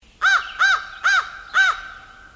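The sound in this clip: Crow calls: four harsh, arched caws in quick succession, roughly every half second.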